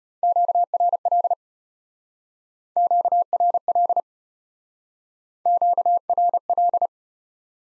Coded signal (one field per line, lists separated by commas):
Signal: Morse code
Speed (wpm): 33 wpm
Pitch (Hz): 700 Hz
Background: none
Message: QRL QRL QRL